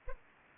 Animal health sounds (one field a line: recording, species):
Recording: mosquito wingbeat signal from an infrared sensor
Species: Anopheles arabiensis